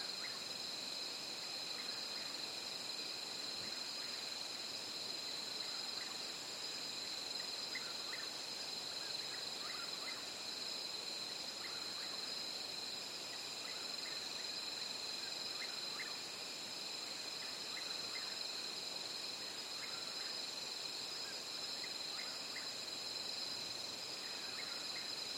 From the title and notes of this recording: Everglades at Night. Recorded very, very early on the morning of April 9th, 2022 near the entrance to Everglades National Park.